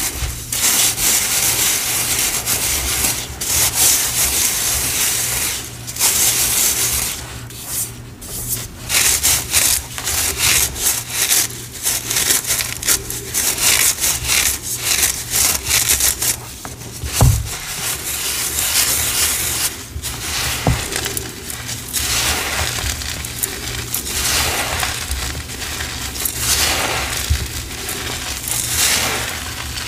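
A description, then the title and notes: Sifting and mixing of cornstarch and chalk powder, with a steady run of dry, gritty rubbing and scraping strokes. The hissy scratching comes in dense, quick bursts with brief pauses, and a soft low knock sounds around seventeen seconds. Sifting, Mixing, Reforming Green Cornstarch & Gym Chalk Powders.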